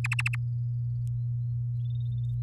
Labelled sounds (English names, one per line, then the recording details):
Domestic Canary song
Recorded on 6 May 2018 at 06:25
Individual llb16